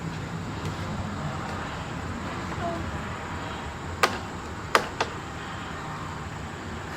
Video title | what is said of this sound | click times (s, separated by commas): Can Mom Install the Nest Outdoor Camera? | You can hear like grab the thing and like snap it onto the side of the house. | 4.8 s